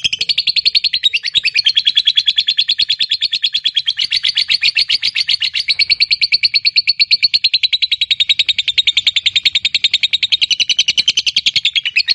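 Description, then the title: Lovebird giving a long ngekek chatter, a fast continuous rattle of shrill, buzzy notes held steadily for the whole twelve seconds without a break. Fighter lovebird giving a long ngekek (ngekek panjang). "Begitu Dengar Suara Lovebird FIGHTER NGEKEK PANJANG"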